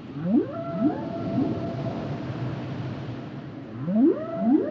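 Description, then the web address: Whale song: a few rising upsweeps at the start and a pair near the end, joined by a long level whistled tone, over continuous low rumble. "Natures Songs Whale Songs Whales and Dolphins - whale nature sounds songs"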